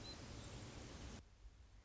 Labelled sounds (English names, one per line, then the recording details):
Nuttall's Woodpecker
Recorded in Sonoma County, California